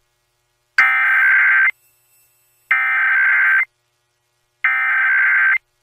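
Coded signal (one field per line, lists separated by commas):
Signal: Emergency Alert System (SAME) tones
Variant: header bursts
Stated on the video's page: National EAS test relayed in English and Spanish by FM and TV broadcast stations; some relays repeated the SAME headers up to three times.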